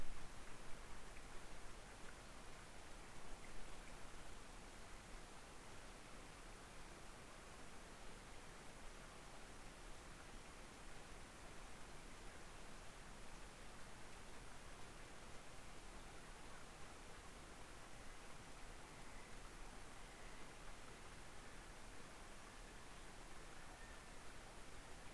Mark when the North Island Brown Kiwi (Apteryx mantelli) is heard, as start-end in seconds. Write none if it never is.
17.68-25.13